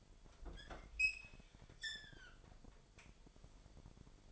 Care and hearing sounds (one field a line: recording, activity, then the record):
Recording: daily activity, microphone in the room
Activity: open fridge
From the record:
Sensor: 5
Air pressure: 1002.1 hPa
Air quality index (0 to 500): 224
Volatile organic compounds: 28 ppm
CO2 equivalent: 2915 ppm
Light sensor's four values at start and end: 9/21/9/10 and 10/24/10/11